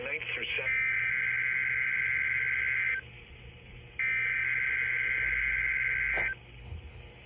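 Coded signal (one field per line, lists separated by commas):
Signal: Emergency Alert System (SAME) tones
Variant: header bursts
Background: speech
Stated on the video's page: Required Weekly Test issued by the Twin Cities weather service.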